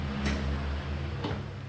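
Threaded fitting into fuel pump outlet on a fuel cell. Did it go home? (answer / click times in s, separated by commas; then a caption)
no / none. A threaded fitting is screwed into the fuel pump outlet of a fuel cell and cross-threads, damaging the threads, which are later repaired with a bottom tap. A steady low hum runs throughout, with two soft, brief bursts of hiss near 0.3 and 1.3 seconds. Nothing has seated or clicked yet in this stretch.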